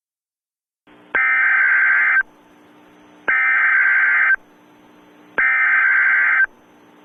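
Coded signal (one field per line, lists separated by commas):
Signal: Emergency Alert System (SAME) tones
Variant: header bursts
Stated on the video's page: Fictional nuclear missile alert from an EAS scenario, not a real one.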